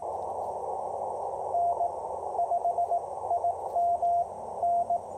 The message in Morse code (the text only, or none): N5IM N